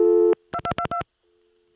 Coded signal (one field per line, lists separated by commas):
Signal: DTMF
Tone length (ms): 70 ms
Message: 2222